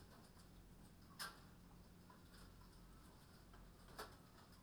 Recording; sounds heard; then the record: poultry house recording; healthy chickens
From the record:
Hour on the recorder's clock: 22